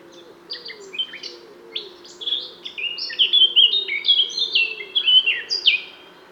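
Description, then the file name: Eurasian blackcap song: lively warbled phrases mixing scratchy and fluty notes, over a soft low sound repeated at a steady rate. "Sylvia atricapilla"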